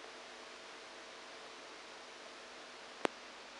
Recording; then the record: brain microelectrode recording played as sound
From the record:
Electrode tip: outside the subthalamic nucleus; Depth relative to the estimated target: -6 mm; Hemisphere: right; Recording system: NeuroSet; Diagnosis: Parkinson's disease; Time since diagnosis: 14 years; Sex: male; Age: 51 years